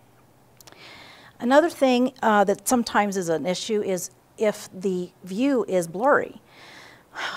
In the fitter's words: so you have to make sure that you hear that click when you turn the revolving nose piece